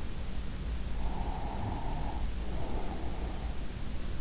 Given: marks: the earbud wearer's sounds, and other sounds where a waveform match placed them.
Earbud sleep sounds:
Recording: sounds in sleep by an in-ear microphone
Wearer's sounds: breath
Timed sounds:
1.00-3.50 s: breath

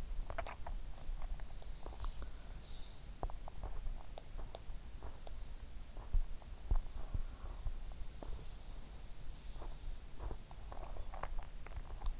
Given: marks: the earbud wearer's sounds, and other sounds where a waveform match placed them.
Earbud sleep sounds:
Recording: sounds in sleep by an in-ear microphone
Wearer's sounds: swallowing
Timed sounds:
0.00-1.31 s: swallowing
9.38-12.20 s: swallowing

